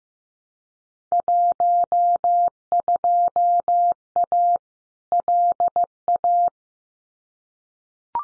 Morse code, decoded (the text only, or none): 12A LA